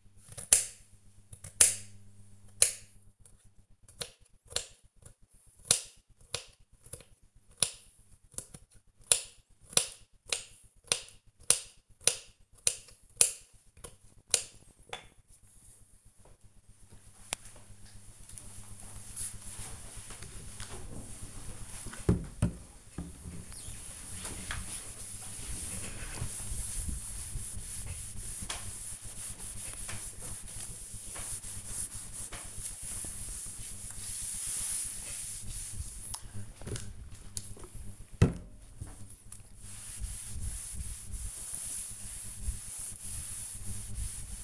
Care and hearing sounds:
household activities, microphone on the right wrist
0.00-15.00 s: cutting vegetables
21.04-44.44 s: cleaning table

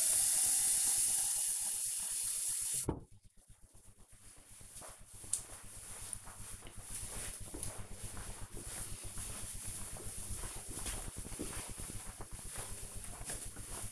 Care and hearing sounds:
household activities, microphone on the right wrist
0.00-13.92 s: watering plant

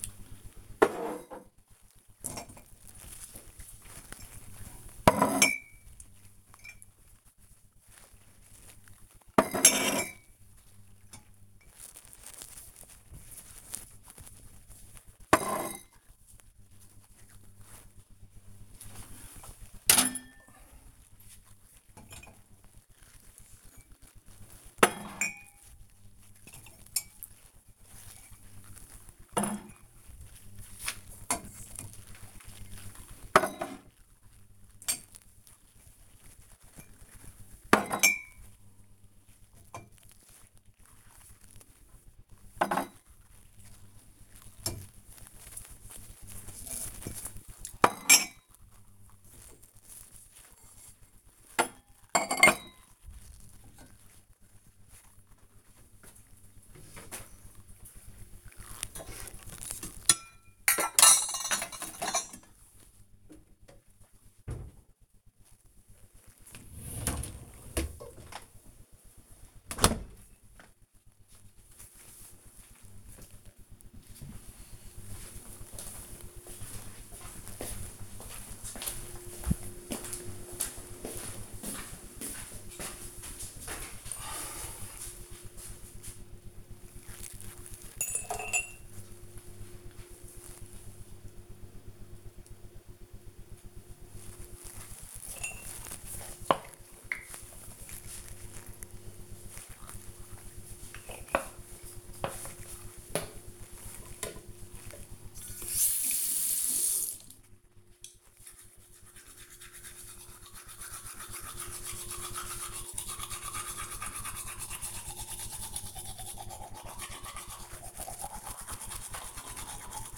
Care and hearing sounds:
household activities, microphone on the right wrist
0.00-69.12 s: cleaning out the dishwasher
94.30-120.18 s: brushing teeth

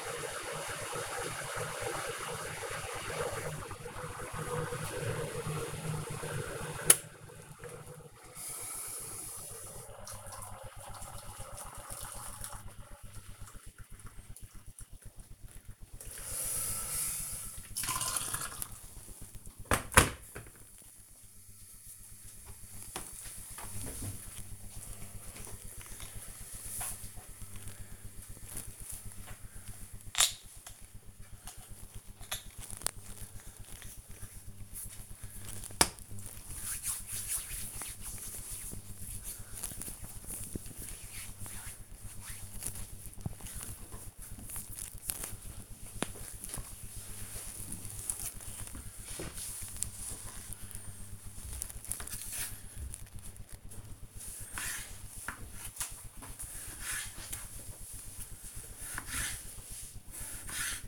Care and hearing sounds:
household activities, microphone on the right wrist
0.00-19.01 s: making tea
24.05-43.18 s: cream hands
48.22-60.88 s: cutting vegetables

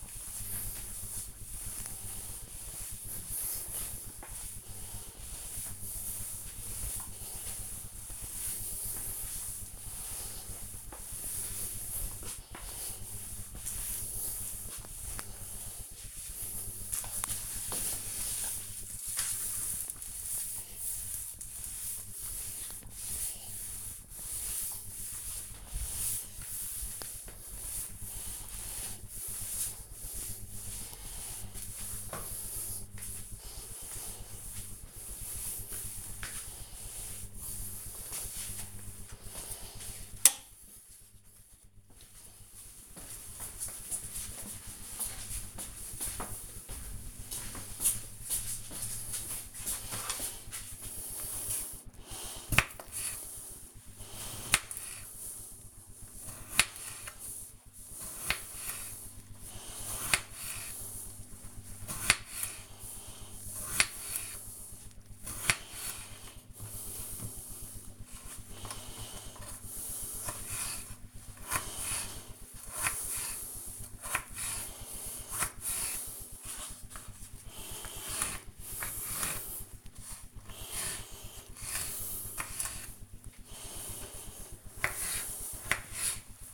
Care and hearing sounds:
household activities, microphone on the right wrist
0.00-39.88 s: floor cleaning
50.95-86.54 s: cutting vegetables

